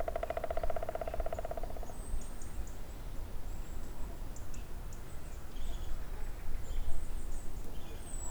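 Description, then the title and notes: Woodpecker drumming: a single fast roll lasting almost two seconds at the beginning, followed by low rumble and scattered faint high bird notes. Green woodpecker or other woodpecker on a dry spruce near wetlands at Hatě, Ústí, Czechia. "Ústí, Czechia - datel na suchém smrku. žluna nebo datel na suchém smrku nedaleko mokřadů na Hatích"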